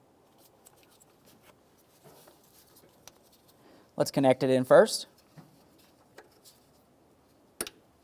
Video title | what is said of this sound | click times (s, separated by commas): How to Replace Knock Sensor 2004-2015 Nissan Titan | listen for a click give it a tug | 7.6 s